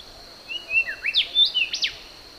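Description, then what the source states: Brown-backed whistler song: clear whistled notes, some held flat and some dropping, with a sharp rising upsweep near the end. Papua New Guinea.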